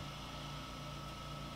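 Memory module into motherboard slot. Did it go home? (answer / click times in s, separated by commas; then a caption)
no / none. A memory module is handled at its motherboard slot, pressed down with both thumbs, over a steady, even hum with faint low tones and a constant high whine. No sharp transients stand out, and nothing has seated or clicked yet.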